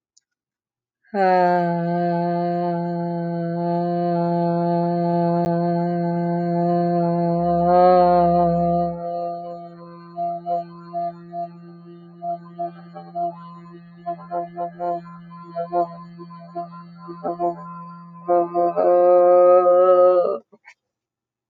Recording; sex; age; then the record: vowel held as long as possible; female; 40 to 49 years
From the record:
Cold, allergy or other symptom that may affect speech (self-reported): no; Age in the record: 48 years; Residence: Illinois, United States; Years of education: 13